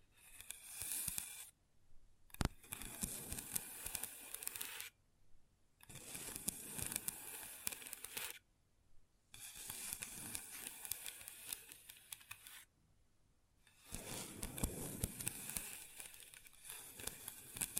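Long fingernails tap and scratch across a table in dense bursts of quick, crisp clicks and scraping. The bursts last about two to four seconds, separated by short silent pauses at roughly regular intervals. No voice is heard.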